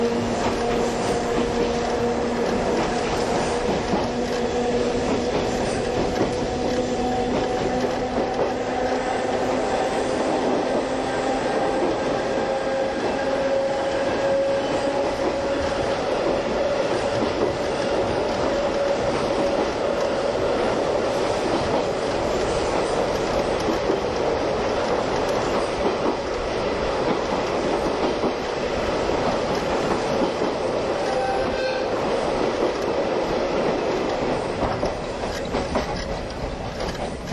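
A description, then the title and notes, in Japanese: A vintage passenger train of old-style coaches hauled by an electric locomotive rolls steadily along. A dense, constant rumble fills all 37 seconds, threaded with low droning whines that rise slightly in pitch, while faint rhythmic clacks of the wheels tick through. 大鐵E10形+旧型客車 大井川本線普通。大井川鉄道オリジナルの機関車がE10形で、その機関車次位の客車はモーター音がよく聞こえます。往年の普通＂客車列車＂の列車走行音。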